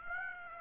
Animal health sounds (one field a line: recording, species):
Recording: mosquito wingbeat signal from an infrared sensor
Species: Aedes aegypti